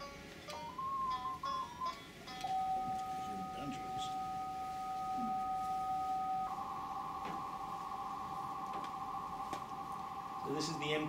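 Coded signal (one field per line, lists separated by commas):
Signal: MT63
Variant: MT63-500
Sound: a brief warbling ID tone, two steady tones, then a dense hissing multi-tone band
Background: room noise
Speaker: that little bitty beep that you heard before right at the beginning is called an rsid it's sending it's telling the other station what how it's sending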